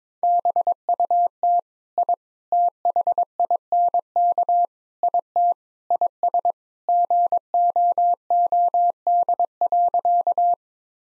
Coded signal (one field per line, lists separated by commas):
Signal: Morse code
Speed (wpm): 22 wpm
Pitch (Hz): 700 Hz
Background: none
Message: BUT I THINK IT IS GOOD.